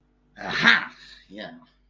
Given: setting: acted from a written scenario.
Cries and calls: vocal sound without words; triumph

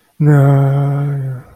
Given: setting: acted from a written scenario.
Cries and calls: vocal sound without words; sympathy

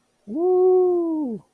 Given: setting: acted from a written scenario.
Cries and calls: vocal sound without words; triumph

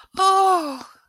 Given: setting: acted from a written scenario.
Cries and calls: vocal sound without words; elation

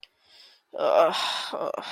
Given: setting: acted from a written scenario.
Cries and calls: vocal sound without words; embarrassment

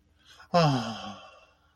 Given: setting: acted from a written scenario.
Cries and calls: vocal sound without words; serenity

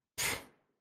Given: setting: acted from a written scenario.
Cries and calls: vocal sound without words; anger

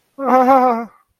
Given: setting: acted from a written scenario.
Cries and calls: vocal sound without words; fear

